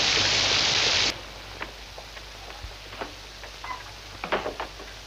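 A loud, steady roar of heavy rain at night fills the first second, then cuts off abruptly, leaving a quieter hiss with scattered drips and light ticks.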